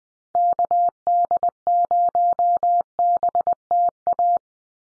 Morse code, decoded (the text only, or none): KD0BTA